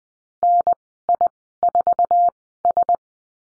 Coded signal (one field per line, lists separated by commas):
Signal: Morse code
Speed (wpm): 20 wpm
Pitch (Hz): 700 Hz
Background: none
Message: NI4S